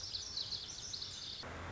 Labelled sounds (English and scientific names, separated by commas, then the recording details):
Lazuli Bunting (Passerina amoena)
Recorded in Sonoma County, California